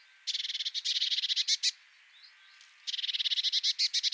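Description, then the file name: Eurasian blue tit giving two bursts of buzzy, fast-pulsed churring, split by a short pause with a faint chip. "Cyanistes caeruleus"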